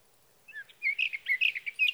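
Sage thrasher song, a brisk series of twisting, warbled whistles building in loudness over about a second and a half.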